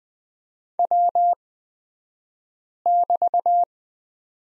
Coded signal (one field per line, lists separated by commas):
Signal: Morse code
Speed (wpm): 20 wpm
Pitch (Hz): 700 Hz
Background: none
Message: W<BT>